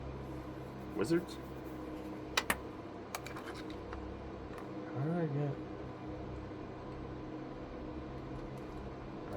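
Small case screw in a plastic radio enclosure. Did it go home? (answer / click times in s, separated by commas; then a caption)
no / none. A small screw in the plastic case of a radio enclosure is turned during a teardown, and it keeps spinning without backing out, as though stripped. Someone talks over a low steady hum, with a few sharp ticks near 1.1, 2.4, 2.5 and 3.2 seconds and a louder rough patch around 5.0 to 5.4 seconds. Nothing has clicked or come loose yet.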